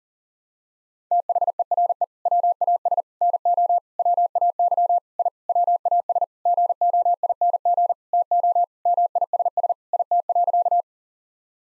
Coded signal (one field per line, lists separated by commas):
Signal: Morse code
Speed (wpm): 40 wpm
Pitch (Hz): 700 Hz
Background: none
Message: THERE WAS NO WAY I WAS GOING TO MISS IT.